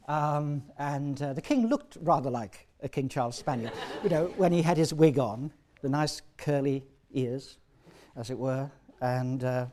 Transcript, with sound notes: And the King looked rather like a King Charles spaniel, [laughter] you know when he had his wig on — the nice, curly ears as it were and